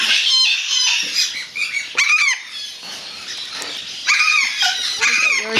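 Parrot calls, grating squawks and repeated nasal shrieks bending downward, one after another for several seconds.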